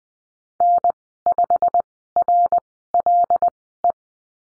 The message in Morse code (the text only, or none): N5RLE